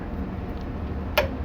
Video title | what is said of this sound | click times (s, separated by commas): Wohlhaupter UPA-2 TTS Quick Change Conversion | you push it until it locks in place and then fire the mill back up and hold the ring | 1.2 s